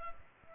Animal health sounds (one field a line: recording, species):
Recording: mosquito wingbeat signal from an infrared sensor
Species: Culex pipiens